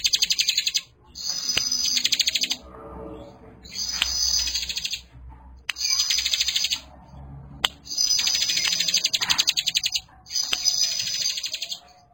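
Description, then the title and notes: Bar-winged prinia song: repeated bursts of quick, high, chattering notes, each one to two seconds long, with brief pauses and a few clicks. Compilation of bar-winged prinias (ciblek) in active, vigorous song, including young birds. "Kicau Ciblek new - putri sherin. kumpulan suara burung ciblek gacor dan anakan"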